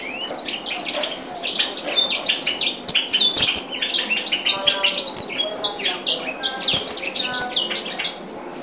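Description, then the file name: White-rumped seedeater song: a fast, continuous jumble of high chirps, slurred notes and twittering phrases with little pause. Original song of the bird. "edel-sanger-lagu-asli-4-omkicau"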